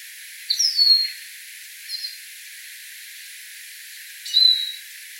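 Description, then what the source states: Lesser goldfinch flight calls: thin, high, slurred 'seeer' notes, a few early and one near the end, over steady hiss. Nocturnal flight call of the 'seeer' note type.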